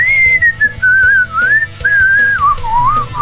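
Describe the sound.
A person whistles the William Tell Overture melody, a steady, bright tune that rises and dips in short phrases over about three seconds, with a low background hum and no talking.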